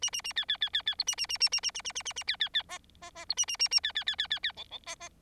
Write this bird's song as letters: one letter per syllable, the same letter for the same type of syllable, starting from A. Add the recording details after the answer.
A A A B B B B B C A A A A A A A A A A A B B B D D D C A A A A B B B B B B E E D D. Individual Bird4